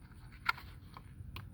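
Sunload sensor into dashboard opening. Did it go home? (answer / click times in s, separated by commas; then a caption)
no / none. A Headlamp-Sentinel sunload sensor from a 2017 Ford Fusion is turned around and pressed into its dashboard opening. A few brief, sharp handling taps at about 0.5, 1.0 and 1.4 s rise over a low background rumble. Nothing has seated or snapped into place yet.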